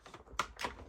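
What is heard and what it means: A Dyson Ball Animal UP32 vacuum wand is lined up with the top of the plastic handle and pushed in. After a few soft handling sounds, a sharp click at 0.4 s shows the wand seated in the handle, followed by a second, fainter burst of noise.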